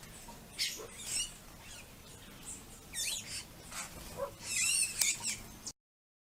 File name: Canto do sanhacu do coqueiro